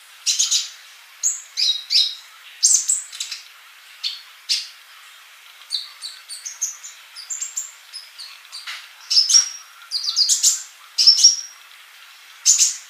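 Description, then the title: Bird song made of scattered high chirps and clipped notes, with a few thin, sustained whistles near the end, in short phrases with pauses. "Kicau Burung"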